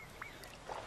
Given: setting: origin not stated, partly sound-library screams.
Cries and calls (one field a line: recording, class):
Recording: one-second piece from a danger detection set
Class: normal situation